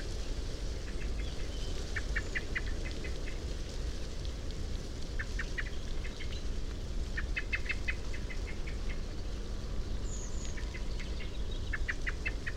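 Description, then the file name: Common blackbird giving several runs of quick, hard chipping notes, with constant low-pitched background rumble. "Turdus merula"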